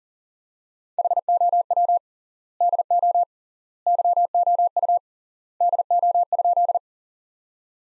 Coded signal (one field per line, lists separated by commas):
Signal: Morse code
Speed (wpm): 40 wpm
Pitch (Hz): 700 Hz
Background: none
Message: HOW DO YOU DO?